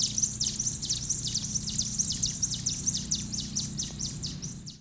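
Black-chested sparrow giving a rapid string of thin, high descending notes over a steady low background rumble.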